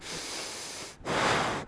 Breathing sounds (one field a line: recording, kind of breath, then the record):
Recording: one breath in and out by a microphone near the nose and mouth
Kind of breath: strong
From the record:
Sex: male